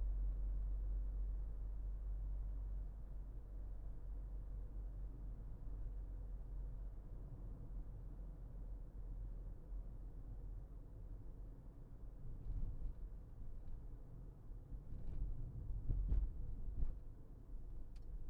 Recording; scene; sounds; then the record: everyday scene through a hearing-aid microphone; in a vehicle; engine, highway driving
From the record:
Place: Berlingo II, diesel engine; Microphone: behind the ear, left, front